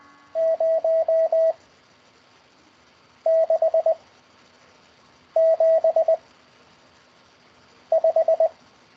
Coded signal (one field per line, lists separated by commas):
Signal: Morse code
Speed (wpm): 20 wpm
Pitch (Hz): 650 Hz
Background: none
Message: 0 6 7 5